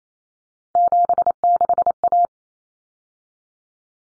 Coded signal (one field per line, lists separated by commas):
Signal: Morse code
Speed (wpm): 28 wpm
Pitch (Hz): 700 Hz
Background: none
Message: 76A